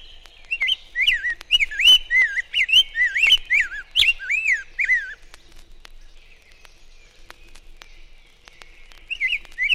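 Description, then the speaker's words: Rose-breasted Grosbeak song: a run of clear, slurred whistled phrases rising and falling, lasting about five seconds, then quiet, with a brief burst of similar whistles at the end. Robin-like song, clearer than the scarlet tanager's, with slurred phrases; associate of the scarlet tanager. "Rose-breasted grosbeak is an associate of the scarlet tanager, but its robin-like song is clearer and the phrases are slurred."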